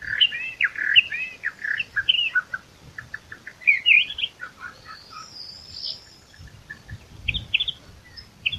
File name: sylvia crassirostris song